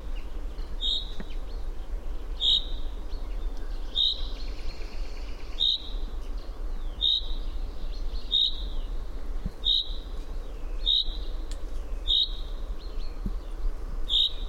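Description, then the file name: Common chaffinch repeating a crisp, high single call note at an even pace of about one every one and a half seconds, ten notes, with a low steady rumble beneath. "Fringilla coelebs"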